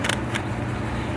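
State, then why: Seated. A camera lens is fitted onto a high-speed camera's mount and twisted until it locks, giving two quick, sharp clicks close together at about 0.1 s. A fainter, brighter tick follows near 0.35 s over a steady low hum. The lens is locked onto the camera body.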